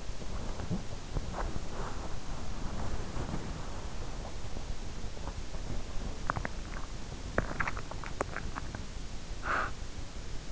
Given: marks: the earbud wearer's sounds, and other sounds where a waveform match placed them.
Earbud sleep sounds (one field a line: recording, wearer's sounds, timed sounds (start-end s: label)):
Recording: sounds in sleep by an in-ear microphone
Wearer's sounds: body movement, teeth grinding, breath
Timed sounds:
0.00-5.41 s: body movement
5.92-9.05 s: teeth grinding
9.21-10.52 s: breath